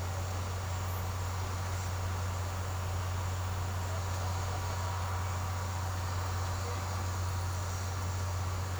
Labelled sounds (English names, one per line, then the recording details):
none
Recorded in secondary vegetation near Puerto Asís, Putumayo, Colombia, on 24 March 2025 at 15:30
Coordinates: 0.468, -76.324
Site G059